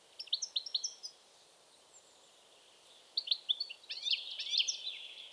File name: Carduelis carduelis